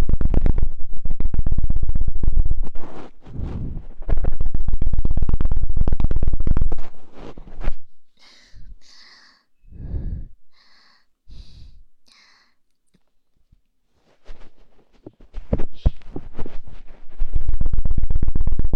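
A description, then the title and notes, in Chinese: A cotton swab cleans an ear, with dense, crackling rubbing and low thuds for the first seven seconds. The scraping then breaks into separate soft pops and short, bright squeaky dabs, goes nearly silent around thirteen seconds, and resumes as busy scratching. 棉签清洗耳朵。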